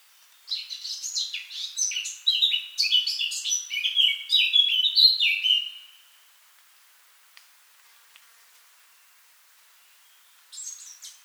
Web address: SETE Sylvia atricapilla